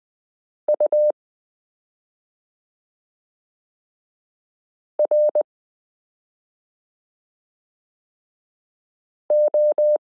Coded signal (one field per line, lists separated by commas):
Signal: Morse code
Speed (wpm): 20 wpm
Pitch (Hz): 600 Hz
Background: none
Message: U R O